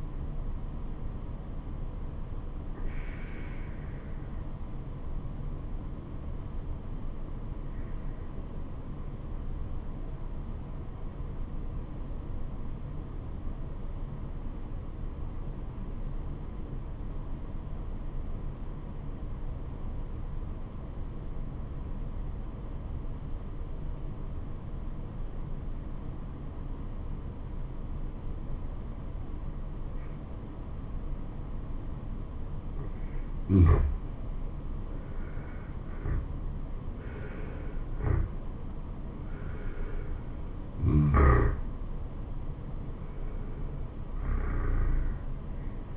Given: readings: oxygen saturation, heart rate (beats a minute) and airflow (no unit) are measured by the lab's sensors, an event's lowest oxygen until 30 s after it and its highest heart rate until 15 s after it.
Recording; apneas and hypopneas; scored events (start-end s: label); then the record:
breathing in sleep by a smartphone at the bedside; 1
3.00-35.20 s: obstructive apnea (N2, oxygen 96% highest, then 84% lowest, heart rate 71 at the start, 77 highest)
From the record:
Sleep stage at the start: N2 (light sleep); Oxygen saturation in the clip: 86 to 96%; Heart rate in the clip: 65 to 77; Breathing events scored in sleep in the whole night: 426 in 7.4 hours asleep